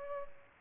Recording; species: mosquito wingbeat signal from an infrared sensor; Culex pipiens